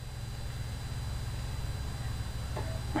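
An internal part with a flex cable is lined up straight so it isn't tilted, then pressed into the frame of a Canon E410/E400 printer. It snaps into place with a short click at 2.9 seconds, above a steady low hum. The part is seated.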